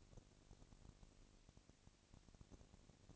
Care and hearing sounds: daily activity, microphone in the room; no activity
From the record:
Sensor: 4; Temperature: 22.4 degrees Celsius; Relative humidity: 31.9%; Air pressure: 998.0 hPa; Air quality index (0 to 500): 203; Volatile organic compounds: 17 ppm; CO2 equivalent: 2570 ppm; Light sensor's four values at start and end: 2/3/1/1 and 2/3/1/1

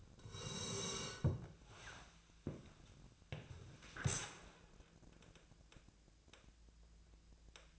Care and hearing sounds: daily activity, microphone in the room; sit down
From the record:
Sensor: 2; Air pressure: 1000.3 hPa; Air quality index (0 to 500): 160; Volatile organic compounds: 3 ppm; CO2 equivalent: 1338 ppm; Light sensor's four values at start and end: 8/18/8/9 and 8/20/8/9

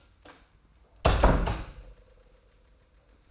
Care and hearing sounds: daily activity, microphone in the room; close door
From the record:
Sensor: 2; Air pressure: 990.2 hPa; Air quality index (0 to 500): 185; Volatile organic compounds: 1000 ppm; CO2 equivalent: 5879 ppm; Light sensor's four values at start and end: 34/80/33/33 and 35/81/33/33

